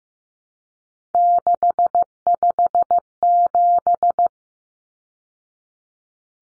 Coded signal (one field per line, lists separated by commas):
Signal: Morse code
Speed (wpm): 15 wpm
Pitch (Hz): 700 Hz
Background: none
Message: 657